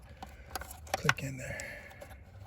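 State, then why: Not seated. A wiring harness connector is handled as it is being fitted onto a new MAP sensor on a Chevy Captiva, with a few short plastic taps and knocks between about 0.2 and 1.1 seconds while someone talks. Nothing has seated or clicked yet.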